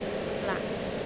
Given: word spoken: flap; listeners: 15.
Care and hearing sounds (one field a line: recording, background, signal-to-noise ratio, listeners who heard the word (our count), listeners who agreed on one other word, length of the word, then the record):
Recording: one English word in noise, from a listening test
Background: speech-shaped noise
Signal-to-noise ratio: -6.0 dB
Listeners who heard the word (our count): 0 of 15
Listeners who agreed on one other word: 7 of 15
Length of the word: 0.66 s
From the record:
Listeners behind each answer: 7, 3, 3, 1, 1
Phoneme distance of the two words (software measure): 20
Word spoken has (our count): 1 syllable, 4 phonemes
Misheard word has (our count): 1 syllable, 4 phonemes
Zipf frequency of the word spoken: 3.79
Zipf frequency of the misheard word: 5.26